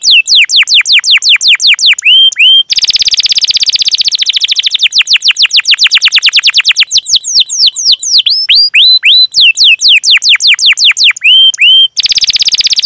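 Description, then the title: Canary in full song: repeated descending sweeps, whistled upslurs and dense buzzy trills switching back and forth without pause. Canary lure song (pancingan), long and lively 'gacor' singing with full 'isian' phrase content. "PANCINGAN Kenari GACOR PANJANG. Pancingan Gacor Full Isian"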